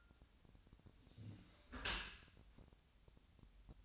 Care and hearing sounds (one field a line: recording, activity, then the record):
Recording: daily activity, microphone in the room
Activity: close dishwasher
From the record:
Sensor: 2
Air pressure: 1006.5 hPa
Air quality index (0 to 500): 203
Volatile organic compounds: 15 ppm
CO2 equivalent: 2480 ppm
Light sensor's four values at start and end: 9/22/9/9 and 9/22/9/9